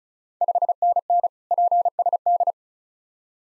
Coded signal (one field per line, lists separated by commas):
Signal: Morse code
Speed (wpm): 36 wpm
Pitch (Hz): 700 Hz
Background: none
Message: 5NN PSD